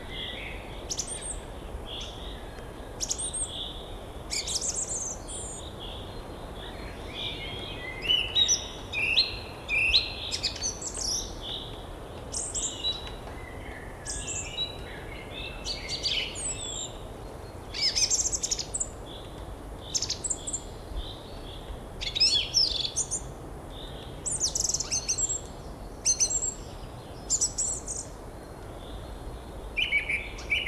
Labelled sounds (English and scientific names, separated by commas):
Song Thrush (Turdus philomelos) song